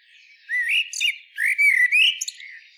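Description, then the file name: Common blackbird giving a brief sequence of squeaky slurred notes and thin high chirps in two quick phrases. "Turdus merula"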